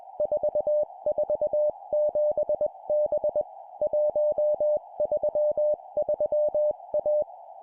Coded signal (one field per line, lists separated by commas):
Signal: Morse code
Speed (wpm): 21 wpm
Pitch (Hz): 600 Hz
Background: music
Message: 447B 133A